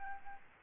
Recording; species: mosquito wingbeat signal from an infrared sensor; Aedes albopictus